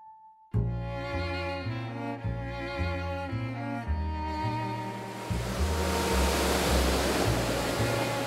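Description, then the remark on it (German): Music with a stepping, low bass line plays alone at first, then a steady rush of ocean surf breaking on the shore at Tel Aviv swells up beneath it and grows louder through the second half. “Aber Berlin liegt nicht am Meer. Tel Aviv schon.”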